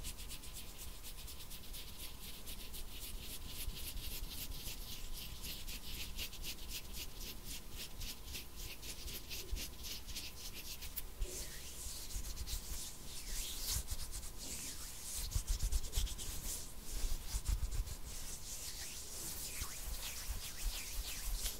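Hands rub together in quick, regular strokes, then shift at about eleven seconds to rougher, louder scraping and brushing with uneven bursts.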